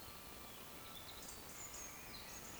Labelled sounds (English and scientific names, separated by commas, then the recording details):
Eurasian Woodcock (Scolopax rusticola)
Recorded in Baden-Württemberg, Germany, on 16 June 2020 at 20:03 UTC
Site 14569, 102 m above sea level